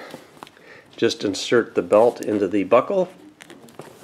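A leather belt with a track on its back is handled at its ratchet buckle while someone talks, with faint handling ticks around 0.4–0.6 s and 3.4–3.8 s. The belt is not yet pulled into the buckle, so nothing has seated or clicked yet.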